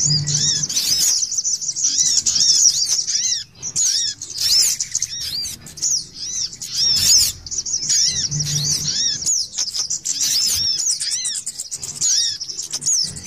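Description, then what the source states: Little spiderhunter song of piercing, rapid chirps and repeated curved slurred notes, flowing in bursts with brief gaps. Masteran song, used to train other birds.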